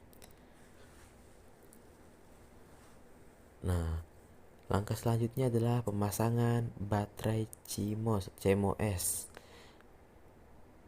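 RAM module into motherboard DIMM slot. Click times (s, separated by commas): 0.1 s, 0.2 s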